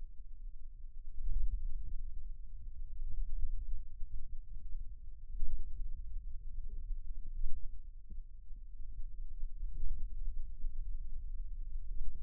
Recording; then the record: forearm muscle sounds (acoustic myography)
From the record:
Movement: finger pinch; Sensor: system 2, bracelet of six BSWA MPA416 microphones around the upper forearm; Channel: 1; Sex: male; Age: 22 years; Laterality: right